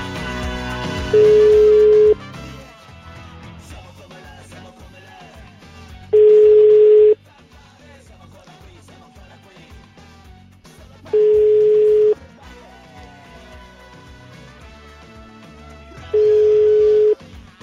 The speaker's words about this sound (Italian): Suona, suona il telefono della Zanzara